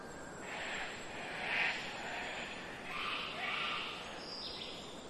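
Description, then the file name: Cockatoo calls, harsh raspy squawks in two broad bursts over steady wind in trees, with a thin high whistle running along the top. Rainforest ambience with wind in trees and birds, mainly cockatoos close by, early spring, Queensland, Australia. "zapsplat nature rainforest ambience wind trees birds mainly cockatoos close by early spring qld australia"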